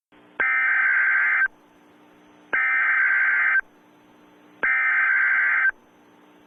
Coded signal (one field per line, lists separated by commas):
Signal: Emergency Alert System (SAME) tones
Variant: header bursts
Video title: Retro Halloween Emergency Alert Event